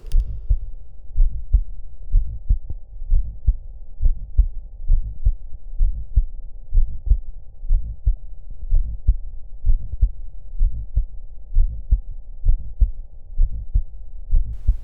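Heart of a 24-year-old man heard by stethoscope: Still's murmur, an innocent murmur, here in a rare variant. The murmur is very bright and musical, with four distinct overtones where usually there is one.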